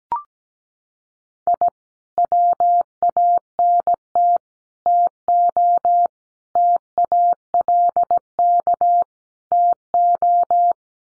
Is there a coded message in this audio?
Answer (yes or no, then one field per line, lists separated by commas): yes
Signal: Morse code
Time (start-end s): 1.5-10.7 s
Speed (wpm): 17 wpm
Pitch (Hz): 700 Hz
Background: none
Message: I WANT TO TALK TO